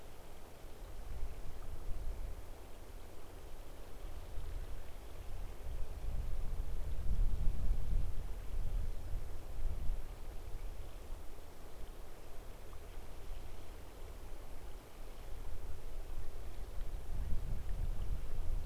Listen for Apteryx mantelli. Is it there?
no